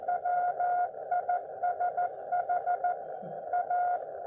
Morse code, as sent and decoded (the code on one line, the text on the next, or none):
.-- .. ... .... / .-
WISH A